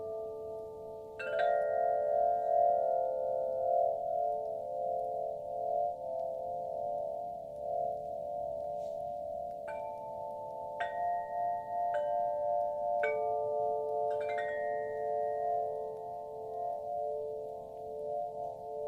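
A singing bowl hums with a steady, ringing mid-pitched tone, sounded around one second and lightly struck again several times later, sustaining throughout.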